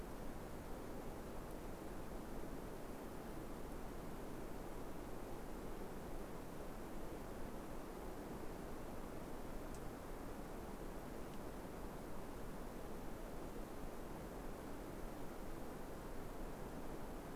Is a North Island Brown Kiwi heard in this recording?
no